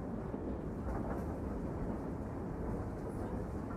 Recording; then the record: background sound without coughing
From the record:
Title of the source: Train Ride Ambience ambient white noise for sleeping, focus, studying, reading